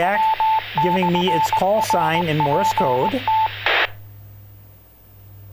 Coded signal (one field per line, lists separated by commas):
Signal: Morse code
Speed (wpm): 19 wpm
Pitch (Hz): 880 Hz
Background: speech, radio noise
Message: M/RPT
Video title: OLD -Technician Class 5th Edition Fall 2024 - Chapter 06 - Communicating With Other Hams (uploaded)